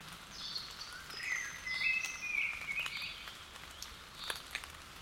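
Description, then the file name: Common blackbird giving a short warbled phrase near the middle, against a constant wash of noise like light rain. "Turdus merula"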